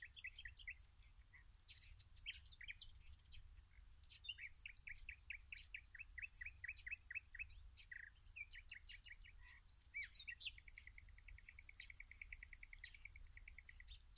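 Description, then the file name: Common nightingale song of fast repeated notes in quick bursts, later a long high-pitched trill. "Luscinia megarhynchos"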